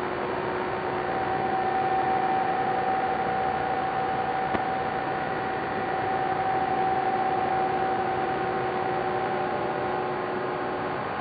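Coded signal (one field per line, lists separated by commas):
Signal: PSK31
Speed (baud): 31.25 baud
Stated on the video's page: PSK31 DX signals.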